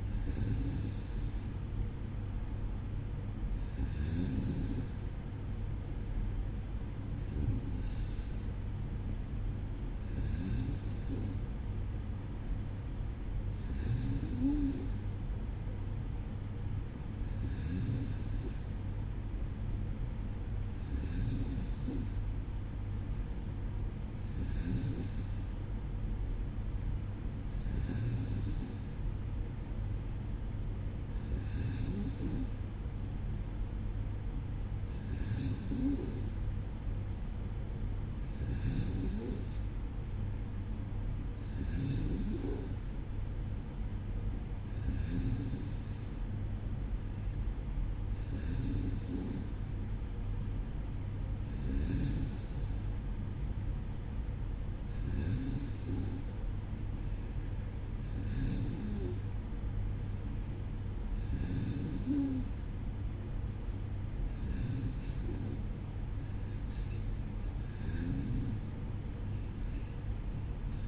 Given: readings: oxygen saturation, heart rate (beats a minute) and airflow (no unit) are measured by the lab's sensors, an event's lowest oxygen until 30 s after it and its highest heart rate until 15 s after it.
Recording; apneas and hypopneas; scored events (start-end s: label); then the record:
breathing in sleep by a smartphone at the bedside; none
26.00-56.00 s: new sleep stage, N3 (deep sleep)
56.00-70.88 s: new sleep stage, N2 (light sleep)
From the record:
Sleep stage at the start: N2 (light sleep); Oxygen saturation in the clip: 94%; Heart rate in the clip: 55 to 58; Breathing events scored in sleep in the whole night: 305 in 9.6 hours asleep